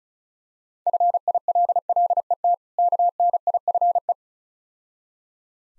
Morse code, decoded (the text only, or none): FILLET KNIFE